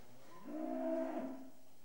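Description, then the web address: Cattle giving a single short, low moo, steady in pitch and about one second long. "The BBC Sound Effects Library. Cattle"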